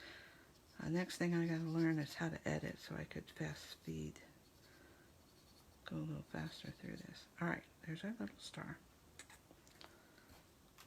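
A plastic cap is handled near an art marker or pen while someone talks, with a few faint clicks near the end of the clip. The cap has not yet snapped shut and nothing has clicked into place; the snap matters so the marker does not dry out.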